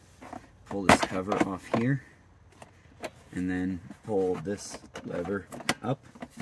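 Someone talks while handling the plastic installation-mode lever on the base of a Cybex Sirona S convertible child car seat, pulling a cover off and then pulling the lever up to set installation mode. Short, faint handling knocks sound between the speech. The lever has not clicked or locked into place yet.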